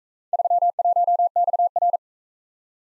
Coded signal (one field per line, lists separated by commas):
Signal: Morse code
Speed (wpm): 40 wpm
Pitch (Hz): 700 Hz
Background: none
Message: 31XR